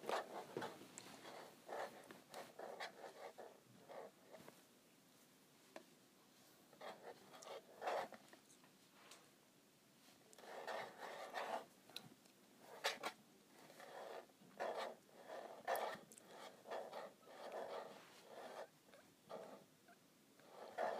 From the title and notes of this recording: ASMR Scratching my Calculator.